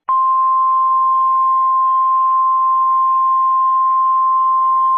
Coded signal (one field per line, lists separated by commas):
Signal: Emergency Alert System (SAME) tones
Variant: 1050 Hz attention tone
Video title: North Carolina Nuclear Nightmare: EAS Scenario